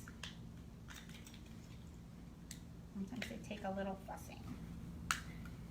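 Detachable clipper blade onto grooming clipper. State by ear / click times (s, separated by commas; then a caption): seated / 5.1 s. A detachable metal clipper blade is fussed with and pushed onto the hinge of a grooming clipper while someone talks, with small scraping and tapping sounds. It snaps into place with a sharp click at 5.1 seconds and is seated.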